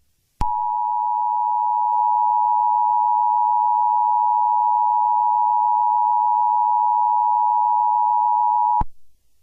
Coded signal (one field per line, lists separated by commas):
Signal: Emergency Alert System (SAME) tones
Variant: 853 and 960 Hz attention tone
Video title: An EAS scenario USA vs Egypt